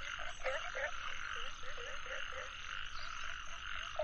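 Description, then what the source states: Frog chorus of short croaks repeating irregularly, over a constant high insect hum. Nature soundscape of frogs and insects.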